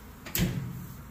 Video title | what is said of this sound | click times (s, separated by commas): Speed Queen AWN412SP111TW01 Repair | you heard it click it wasn't clicking with that good | 0.4 s